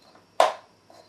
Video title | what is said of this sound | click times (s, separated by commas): Bissell Vacuum Helix Model Number 2191 2191U Part 2 | you can hear it click good so | 0.4 s